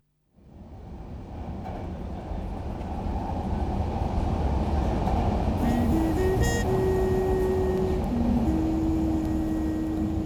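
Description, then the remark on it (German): A Paris Metro train heading to the 13th arrondissement rumbles along with a steady, dense low roar, joined midway by a few shrill, sustained tonal squeals and a brief high hiss as it runs on. “Also nahm ich die Metro ins 13. Arrondissement.”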